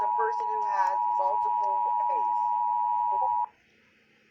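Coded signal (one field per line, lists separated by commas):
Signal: Emergency Alert System (SAME) tones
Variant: 853 and 960 Hz attention tone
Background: speech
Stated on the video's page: Severe thunderstorm alert from NWS Boston, caught during a livestream.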